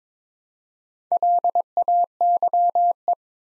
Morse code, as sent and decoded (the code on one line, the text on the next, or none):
.-.. .- -.-- .
LAYE